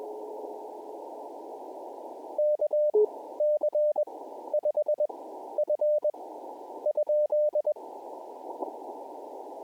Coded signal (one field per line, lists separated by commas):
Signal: Morse code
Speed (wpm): 21 wpm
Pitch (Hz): 600 Hz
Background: radio noise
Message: KC5F ?